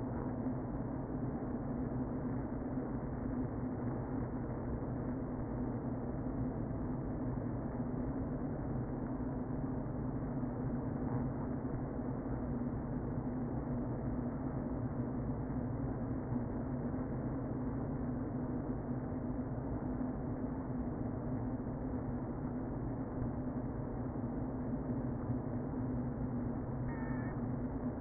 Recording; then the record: honeybee colony, microphone inside the hive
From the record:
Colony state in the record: queen present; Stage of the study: before two queens were removed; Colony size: about 60,000 bees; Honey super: yes